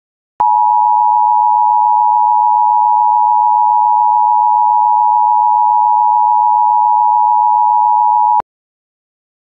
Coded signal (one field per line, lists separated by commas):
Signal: Emergency Alert System (SAME) tones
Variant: 853 and 960 Hz attention tone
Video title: EAS Code W Warning 8/27/10